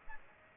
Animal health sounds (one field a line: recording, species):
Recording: mosquito wingbeat signal from an infrared sensor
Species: Aedes aegypti